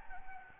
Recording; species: mosquito wingbeat signal from an infrared sensor; Anopheles gambiae